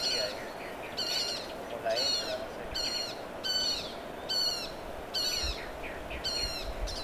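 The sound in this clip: Yellow-faced parrotlet calls: harsh, buzzy harmonic notes repeated at short intervals, with softer chattering notes in between over steady background hiss.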